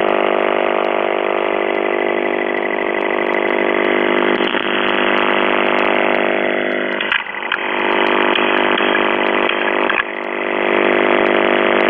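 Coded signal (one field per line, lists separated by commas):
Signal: numbers station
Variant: UVB-76 (The Buzzer)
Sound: continuous harsh low buzz like an idling engine, with a few brief interruptions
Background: radio static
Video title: The Buzzer/UVB-76(4625Khz) September 16, 2021 13:06UTC Voice message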